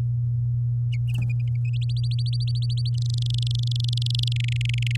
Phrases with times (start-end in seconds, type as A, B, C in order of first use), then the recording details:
1.81-2.89 A, 2.94-4.33 B, 4.36-4.96 C. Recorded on 8 May 2018 at 13:20. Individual llb16